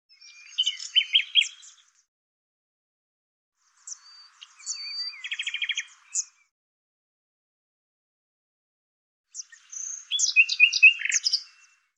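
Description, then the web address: Common nightingale singing three separate phrases with silent gaps, each mixing high clicks, squeaky whistles and quick rattling trills. "Deverinetal 2025"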